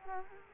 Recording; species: mosquito wingbeat signal from an infrared sensor; Culex quinquefasciatus